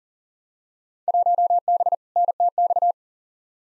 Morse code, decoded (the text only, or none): 1B NTX